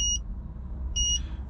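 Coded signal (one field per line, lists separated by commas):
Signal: beep code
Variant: Autowatch Ghost 2 immobiliser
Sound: two high beeps, a short one then a longer one, over low engine rumble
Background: car engine rumble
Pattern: 2 beeps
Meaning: Two beeps confirm the return from service mode to normal mode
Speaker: We get our 2 beeps and a flash. There we go. And that will now confirm it back into its normal mode.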